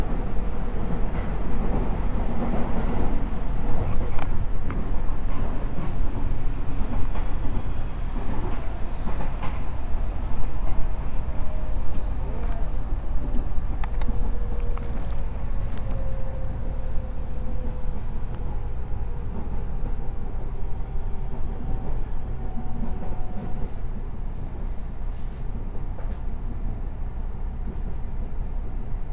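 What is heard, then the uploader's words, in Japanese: An electric commuter train rumbles along, recorded from inside: a dense, steady low roar with constant loudness and frequent clicks and knocks from the rails. From about 11 to 24 seconds, thin whining motor tones glide slowly beneath the noise, with a faint high whistle near the start of that stretch. JR西日本 207系電車 学研都市線快速 京橋から木津まで。西日本旅客鉄道207系電車の走行音です。学研都市線の快速列車で録音しました。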